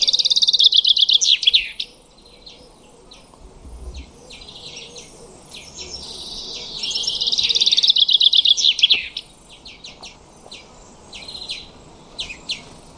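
Common chaffinch song: two loud trilled phrases, at the start and again around six seconds, with quieter chirping phrases between and after them.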